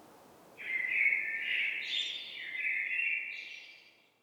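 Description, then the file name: Common blackbird: one long continuous sound of about three and a half seconds, with a thinner, higher element near the middle and again near the end. "Turdus merula"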